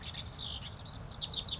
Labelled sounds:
House Wren
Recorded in Sonoma County, California

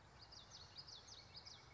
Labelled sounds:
Common Yellowthroat
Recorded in Sonoma County, California

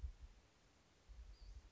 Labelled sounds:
Western Flycatcher
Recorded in Sonoma County, California

